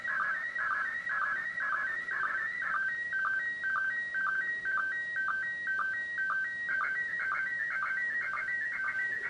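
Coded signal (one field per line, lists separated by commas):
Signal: SSTV (slow-scan television)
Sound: steady warbling tones switching between two pitches, with a short low chirp twice a second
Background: radio static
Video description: Recording Slow Scan TV images from the International Space Station over Amateur Radio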